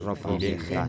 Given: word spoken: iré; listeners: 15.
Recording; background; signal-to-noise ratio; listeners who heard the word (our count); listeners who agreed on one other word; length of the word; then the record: one Spanish word in noise, from a listening test; four-talker babble; -2.2 dB; 0 of 15; 9 of 15; 0.48 s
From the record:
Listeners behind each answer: 9, 3, 1, 1, 1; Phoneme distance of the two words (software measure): 37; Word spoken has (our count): 2 syllables, 3 phonemes, stress on syllable 2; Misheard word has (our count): 2 syllables, 4 phonemes, stress on syllable 1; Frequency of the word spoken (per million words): 6.92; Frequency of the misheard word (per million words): 60.38